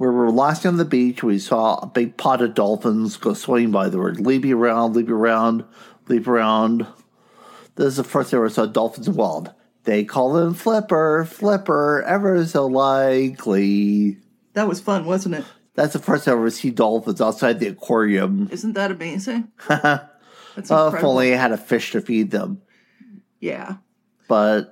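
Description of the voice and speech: Adult man speaking in a monologue about seeing dolphins, with repeated phrases ("leaping around, leaping around, leaping around") and lines that sound scripted, showing echolalia and scripted speech in autism. Echolalia means echoing things heard from other people; scripting means repeating lines heard before, such as from television shows.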